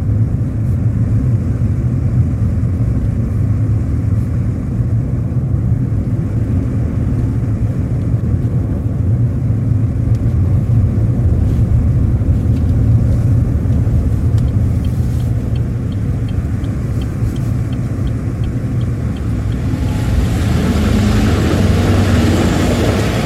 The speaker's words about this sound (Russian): Дима, Федотов и Толя едут в машине.